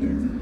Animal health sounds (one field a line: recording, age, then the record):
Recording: pig call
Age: growing-finishing pig (85 days or more)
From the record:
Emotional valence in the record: negative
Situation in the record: barren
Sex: female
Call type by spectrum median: low-frequency call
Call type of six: low-frequency stable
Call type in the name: low-frequency stable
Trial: 3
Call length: 0.42 s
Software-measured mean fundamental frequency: 55 Hz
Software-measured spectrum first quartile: 165 Hz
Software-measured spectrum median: 239 Hz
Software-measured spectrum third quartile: 295 Hz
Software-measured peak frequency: 258 Hz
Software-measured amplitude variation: 171 dB a second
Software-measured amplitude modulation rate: 27.1 a second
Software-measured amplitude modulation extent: 6.3 dB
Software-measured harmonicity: 4.6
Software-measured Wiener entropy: -0.86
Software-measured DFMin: 651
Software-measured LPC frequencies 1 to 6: 288, 1612, 2292, 3577, 4565, 5879 Hz